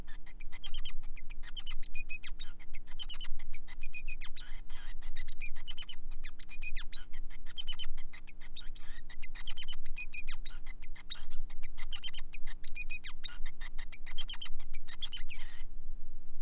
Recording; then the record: song of a male Bengalese finch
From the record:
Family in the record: son of father 5